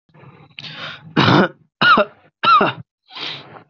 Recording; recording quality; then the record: heavy voluntary cough; excellent, no background noise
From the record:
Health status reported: healthy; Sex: male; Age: 20 years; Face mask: not worn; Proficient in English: yes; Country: India